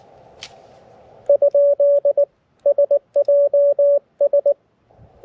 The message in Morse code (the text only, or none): ? SJS